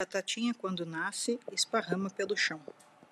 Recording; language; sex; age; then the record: short text; Brazilian Portuguese; female; 40 to 49 years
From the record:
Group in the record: control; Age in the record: 48 years